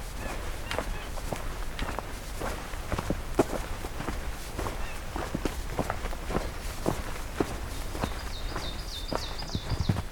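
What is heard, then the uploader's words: Footsteps crunch along a hiking trail at a steady walking pace, roughly two steps a second, over a low rumbling background. From about eight seconds on, a thin, high series of quick repeated kinglet notes joins in above the steps. I’m continuing my hike from Pine Tree Harbour towards the crossroads of trails I’m calling Kinglet Junction. A couple days ago I encountered both species of kinglet.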